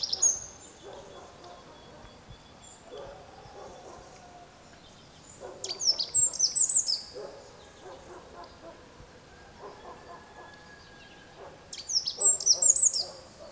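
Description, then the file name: Eurasian wren song, two loud bursts of very high, rapid trilling notes about six seconds apart, with faint lower bird sounds and background noise between. "Troglodytes troglodytes"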